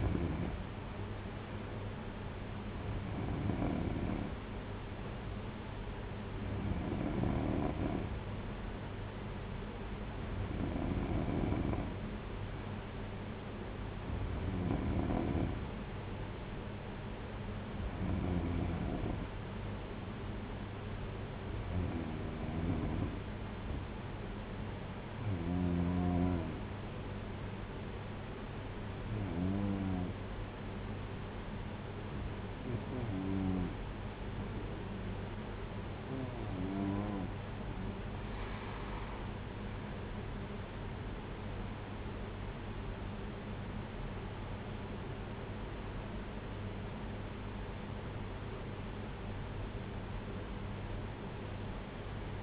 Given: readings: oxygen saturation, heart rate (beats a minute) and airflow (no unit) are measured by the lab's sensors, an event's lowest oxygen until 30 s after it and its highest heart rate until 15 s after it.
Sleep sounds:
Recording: breathing in sleep by a voice recorder at the bedside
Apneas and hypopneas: 1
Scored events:
22.00-41.10 s: hypopnea (N2, oxygen 94% highest, then 92% lowest)
32.00-52.43 s: new sleep stage, N1 (lightest sleep)
From the record:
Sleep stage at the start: N2 (light sleep)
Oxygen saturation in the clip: 92 to 94%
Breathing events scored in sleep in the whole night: 226 in 8.8 hours asleep

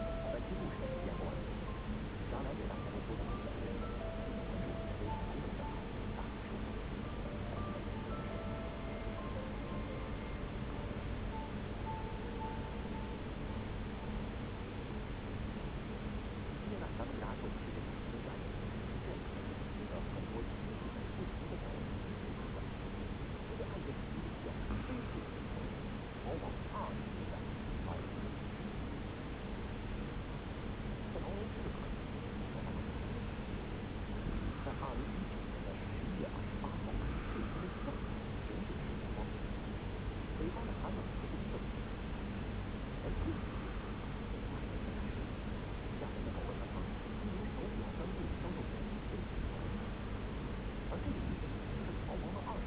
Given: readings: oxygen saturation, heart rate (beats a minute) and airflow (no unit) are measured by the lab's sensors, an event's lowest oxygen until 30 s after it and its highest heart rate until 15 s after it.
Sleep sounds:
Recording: breathing in sleep by a voice recorder at the bedside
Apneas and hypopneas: 1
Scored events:
4.00-34.00 s: new sleep stage, N1 (lightest sleep)
22.00-36.60 s: hypopnea (N1, oxygen 95% highest, then 92% lowest)
34.00-52.67 s: new sleep stage, N2 (light sleep)
From the record:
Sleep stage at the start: N2 (light sleep)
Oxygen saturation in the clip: 92 to 95%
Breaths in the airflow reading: 18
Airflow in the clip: -1.0 to 1.6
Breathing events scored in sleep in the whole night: 335 in 6.7 hours asleep

